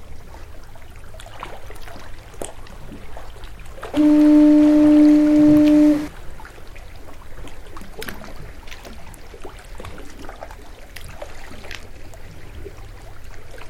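A lighthouse foghorn sounds one loud, steady low blast for about two seconds near the start, over a constant outdoor hiss of wind and water.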